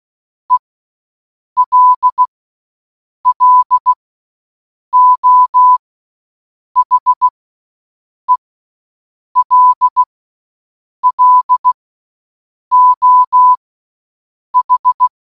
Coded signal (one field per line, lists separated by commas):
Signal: Morse code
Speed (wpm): 16 wpm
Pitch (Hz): 1000 Hz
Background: none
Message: ELLO HELLO H